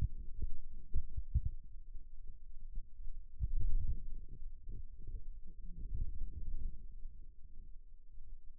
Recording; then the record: forearm muscle sounds (acoustic myography)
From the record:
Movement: wrist flexion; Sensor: system 2, bracelet of six BSWA MPA416 microphones around the upper forearm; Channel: 1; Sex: male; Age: 22 years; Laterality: right